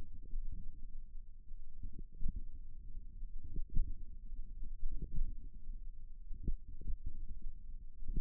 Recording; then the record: forearm muscle sounds (acoustic myography)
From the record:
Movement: finger pinch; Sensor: system 1, eight BSWA MPA416 microphones around the upper forearm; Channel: 8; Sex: female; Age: 21 years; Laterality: right